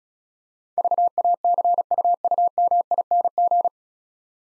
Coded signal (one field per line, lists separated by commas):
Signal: Morse code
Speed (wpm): 37 wpm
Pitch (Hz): 700 Hz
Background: none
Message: VACUUMING